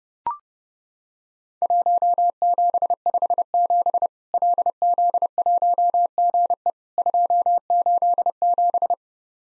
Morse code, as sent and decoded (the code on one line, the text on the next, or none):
.---- --... ..... --... / .-.. --.. .---- --. . / ..--- ---.. --...
1757 LZ1GE 287